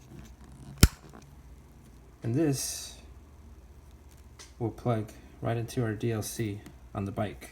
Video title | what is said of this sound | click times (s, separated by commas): Spectra Glo LED light kit - 2020 Harley iron1200 | this on the front end until it snaps into place and this | 0.8 s